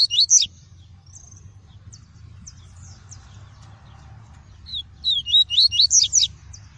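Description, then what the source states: Double-collared seedeater song, a brief high twitter at the start and a longer run of quick, slurred high notes near the end, over low background hum. "Tui-tui" song variety.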